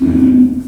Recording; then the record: squeal of a Yucatan mini pig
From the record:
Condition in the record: after surgery on the right vocal fold (resection and tissue-engineered implant); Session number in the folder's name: 2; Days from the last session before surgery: 18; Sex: female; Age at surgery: 19 weeks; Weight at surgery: 25 kg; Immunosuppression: prednisolone